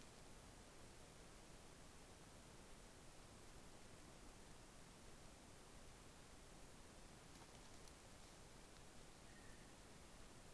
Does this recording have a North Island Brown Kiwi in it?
no